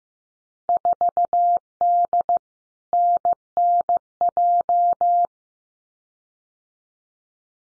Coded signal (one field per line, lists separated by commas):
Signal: Morse code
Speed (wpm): 15 wpm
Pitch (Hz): 700 Hz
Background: none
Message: 4D NNJ